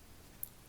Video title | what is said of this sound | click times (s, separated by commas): RENAULT CLIO REMOTE BATTERY Replacement | see that black tab click over the top against locking into place | 0.4 s